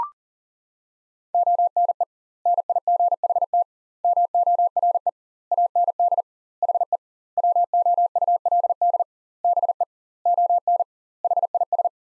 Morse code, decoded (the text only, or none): ONE NIGHT MORE AND HE WOULD BE ON HIS